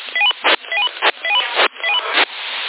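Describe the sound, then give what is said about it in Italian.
Short electronic keypad beeps in quick stepping pitches, dialing a mobile phone number, repeat in four groups, each group broken by a brief burst of hiss, sounding thin and narrow like tones over a phone line. “Ok, lo chiamo al cellulare.”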